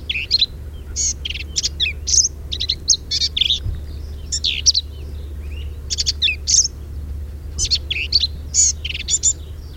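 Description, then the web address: Black-capped vireo song: rapid, varied phrases of harsh buzzy notes mixed with sharp whistled slurs, delivered in quick clusters with brief pauses, over a low steady hum. Recorded at Quanah Parker Dam on 10 May 2007. "Black-capped Vireo Sounds Quanah Parker Dam 2007-0510"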